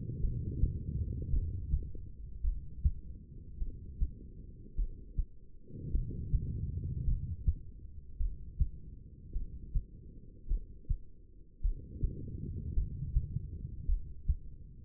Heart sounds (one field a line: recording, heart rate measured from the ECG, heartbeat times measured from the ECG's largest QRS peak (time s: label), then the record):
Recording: heart sounds by stethoscope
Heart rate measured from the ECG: 53 bpm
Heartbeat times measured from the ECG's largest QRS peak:
0.21 s: heartbeat
1.30 s: heartbeat
2.42 s: heartbeat
3.58 s: heartbeat
4.75 s: heartbeat
5.91 s: heartbeat
7.05 s: heartbeat
8.18 s: heartbeat
9.33 s: heartbeat
10.47 s: heartbeat
11.61 s: heartbeat
12.74 s: heartbeat
13.86 s: heartbeat
From the record:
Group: heart failure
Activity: rest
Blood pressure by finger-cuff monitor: 87/63 mmHg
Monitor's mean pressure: 71 mmHg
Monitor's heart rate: 53 bpm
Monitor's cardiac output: 2.5 L/min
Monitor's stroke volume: 48 mL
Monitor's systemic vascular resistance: 2010 dyn s/cm5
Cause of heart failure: non-ischemic cardiomyopathy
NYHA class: 1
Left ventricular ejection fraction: 52%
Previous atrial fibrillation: present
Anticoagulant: apixaban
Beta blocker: bisoprolol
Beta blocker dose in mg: 10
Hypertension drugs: sacubitril-valsartan, spironolactone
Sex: female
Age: 68 years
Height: 169 cm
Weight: 71 kg